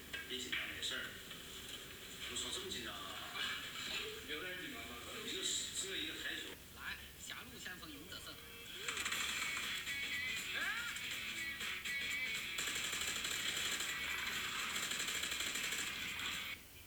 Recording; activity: daily activity, guitar pickup as the sensor; browse video